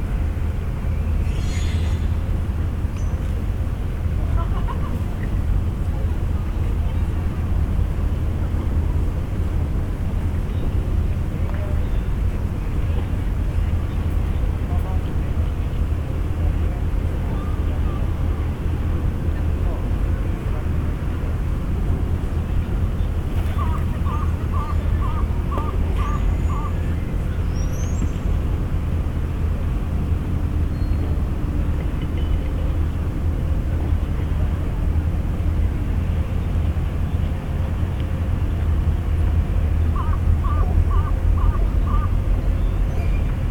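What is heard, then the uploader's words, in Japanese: Yokohama Port, with a steady, dense low rumble like idling engines running unbroken throughout. Short runs of quick, evenly spaced beeps or chirps cut through around 24 seconds and again near 40 seconds, with faint murmurs and scattered clicks in the background. とある日の横浜港。Mic: Mu6 Lifelike2。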